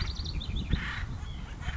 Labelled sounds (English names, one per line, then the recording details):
White-breasted Nuthatch
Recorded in Sonoma County, California